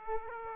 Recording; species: mosquito wingbeat signal from an infrared sensor; Aedes aegypti